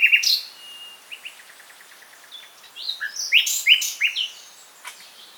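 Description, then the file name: Common nightingale song: a loud whistled opening, a thin level whistle, a soft run of quick repeated notes, then a burst of loud varied chirps and trills. "Luscinia megarhynchos"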